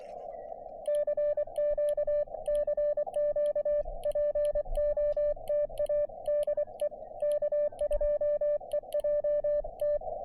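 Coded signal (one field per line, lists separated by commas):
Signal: Morse code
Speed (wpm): 24 wpm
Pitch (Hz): 590 Hz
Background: music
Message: CQ CQ POTA DE K2EJT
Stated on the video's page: Quick Parks on the Air activation from a state forest fire tower, with bands in good shape.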